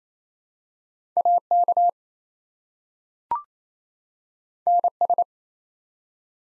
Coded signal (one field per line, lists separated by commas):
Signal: Morse code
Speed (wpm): 27 wpm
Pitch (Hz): 700 Hz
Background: none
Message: AK NS